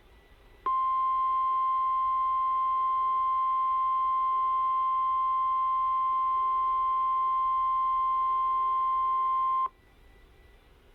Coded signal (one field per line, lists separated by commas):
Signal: Emergency Alert System (SAME) tones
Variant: 1050 Hz attention tone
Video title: EAS Required Weekly Test NOAA Weather Radio (RadioShack 12-889 Edition!) KEC65 Minneapolis Minnesota